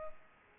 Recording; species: mosquito wingbeat signal from an infrared sensor; Culex pipiens